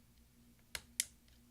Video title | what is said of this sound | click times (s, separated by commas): OPEN BRACKETS Key 1278 Early 2011 13 inch Macbook Pro 2.3 GHz Core i5 MC700 Type J | Now take your finger and push down on the top until it snaps. | 0.8 s, 1.0 s